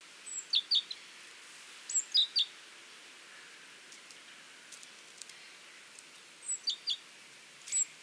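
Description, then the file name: Great tit calls: a high thin note followed by two sharp lower notes, the group repeated a few times with pauses between. "Parus major"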